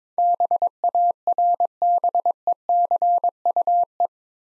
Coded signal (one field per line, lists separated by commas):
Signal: Morse code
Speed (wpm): 21 wpm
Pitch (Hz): 700 Hz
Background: none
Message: BARBECUE